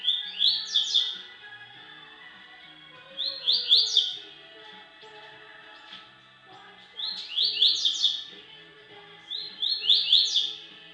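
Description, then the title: Double-collared seedeater song: short bursts of rapid, bright rising chirps, repeated every few seconds. "Canto Coleiro"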